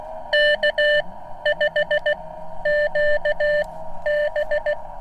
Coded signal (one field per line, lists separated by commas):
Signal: Morse code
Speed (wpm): 16 wpm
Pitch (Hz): 600 Hz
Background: none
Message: K5QB